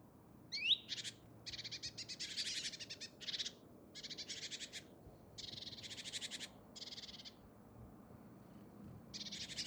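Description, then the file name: Great tit harsh churring: an initial rising whistle, then a long run of buzzy pulsed bursts with short gaps between them. "Parus major"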